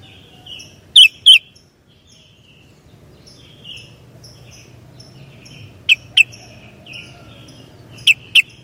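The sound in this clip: Sooty-headed bulbul calling with paired sharp chirps repeated three times, with quieter warbled notes between.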